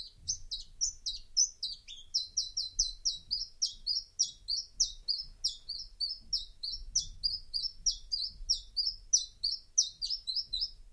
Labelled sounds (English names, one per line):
Common Chiffchaff song